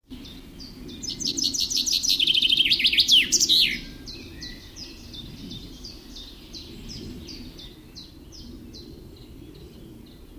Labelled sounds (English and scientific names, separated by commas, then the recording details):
Common Chaffinch (Fringilla coelebs) song
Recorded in the wild
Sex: male
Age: adult
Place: Mühlenbeck, Brandenburg, DE
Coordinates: 52.6833, 13.3833
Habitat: forest
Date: 1996-06-22 15:49
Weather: cloudy, 16°C
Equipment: Sony MD-WM MZ-R3, Sennheiser MKH 416 T, Kopie Uher 4000 Report Monitor
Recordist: Tembrock, Günter